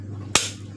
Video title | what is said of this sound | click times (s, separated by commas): มีดเล็ก ขวานจิ๋ว 29/09/68 | ให้ดังแก๊กนะครับแล้วก็นี่เลื่อนล็อคนะครับผม | 0.4 s